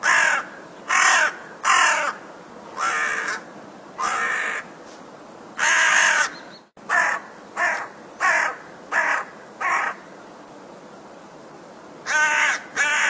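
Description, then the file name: Crow cawing: loud harsh caws given singly and in quick runs, with short pauses between bursts. "CANTO DO CORVO"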